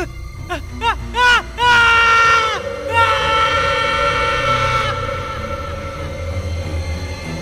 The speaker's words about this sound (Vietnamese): Lúc này gương mặt ác quỷ hiện ra rõ mồn một trước mắt, khiến cho gã hoảng sợ lùi về phía sau rồi ngã xuống cầu thang. Trong ngôi nhà lớn bỗng vang lên một tiếng hét thảm.